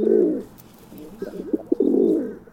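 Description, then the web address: Pigeon cooing, a long low rolling coo, a pause, then several short pulsed notes leading into another sustained throaty coo, over soft background noise. "a pigeon s eye view. birdnote daily"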